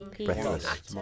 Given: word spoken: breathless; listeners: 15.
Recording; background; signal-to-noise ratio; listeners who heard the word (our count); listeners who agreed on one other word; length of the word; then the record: one English word in noise, from a listening test; four-talker babble; -1.6 dB; 4 of 15; 8 of 15; 0.62 s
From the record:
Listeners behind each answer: 8, 4, 2, 1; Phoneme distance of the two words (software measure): 27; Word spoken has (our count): 2 syllables, 7 phonemes, stress on syllable 1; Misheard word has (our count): 2 syllables, 8 phonemes, stress on syllable 1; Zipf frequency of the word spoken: 3.08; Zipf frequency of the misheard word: 4.64